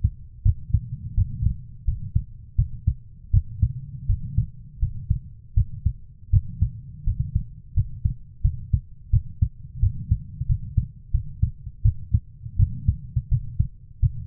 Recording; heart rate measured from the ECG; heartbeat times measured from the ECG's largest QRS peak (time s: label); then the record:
heart sounds by stethoscope; 84 bpm
0.43 s: heartbeat
1.15 s: heartbeat
1.85 s: heartbeat
2.56 s: heartbeat
3.31 s: heartbeat
4.07 s: heartbeat
4.79 s: heartbeat
5.54 s: heartbeat
6.30 s: heartbeat
7.04 s: heartbeat
7.74 s: heartbeat
8.42 s: heartbeat
9.10 s: heartbeat
9.80 s: heartbeat
10.47 s: heartbeat
11.11 s: heartbeat
11.82 s: heartbeat
12.57 s: heartbeat
13.29 s: heartbeat
14.00 s: heartbeat
From the record:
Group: healthy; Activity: rest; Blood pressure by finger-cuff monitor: 121/66 mmHg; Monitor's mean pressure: 86 mmHg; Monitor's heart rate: 84 bpm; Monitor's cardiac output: 7.8 L/min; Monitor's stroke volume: 92 mL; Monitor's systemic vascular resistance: 810 dyn s/cm5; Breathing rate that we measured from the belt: 20 breaths a minute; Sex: female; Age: 24 years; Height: 163 cm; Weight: 55.7 kg